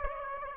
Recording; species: mosquito wingbeat signal from an infrared sensor; Aedes aegypti